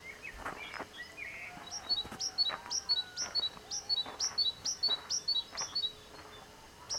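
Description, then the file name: Great tit song, a bright two-note high phrase repeated rapidly about twice a second in a long run, with sharp knocks and a lower warbling bird behind. "Parus major"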